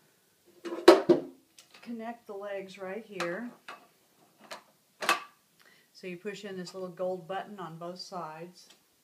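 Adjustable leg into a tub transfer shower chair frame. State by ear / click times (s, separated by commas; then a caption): not seated / none. Someone talks while handling the adjustable leg of a tub transfer shower chair, pressing the small gold spring buttons on both sides before fitting it into the chair frame. Sharp knocks of handling are heard near 0.9 s and 5.1 s between the speech. Nothing has seated or clicked into place yet.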